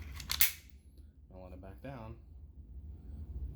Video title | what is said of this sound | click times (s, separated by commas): Px4 Storm 9mm F/S field takedown and reassembly | and you'll feel it click i want | 0.3 s, 0.4 s